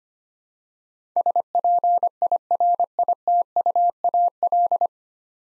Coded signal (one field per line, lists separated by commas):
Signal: Morse code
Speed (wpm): 25 wpm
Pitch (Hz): 700 Hz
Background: none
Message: SPIRITUAL